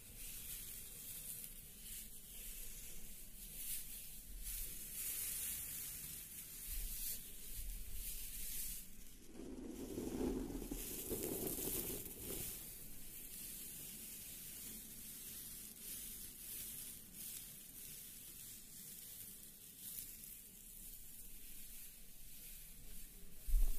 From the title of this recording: Hair roll